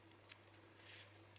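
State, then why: Seated. The blade of a credit-card-sized folding knife is folded into its card-format holder, giving a single sharp tick at 0.3 s over a steady low hum. The blade seats, and the tool is now fully card-sized.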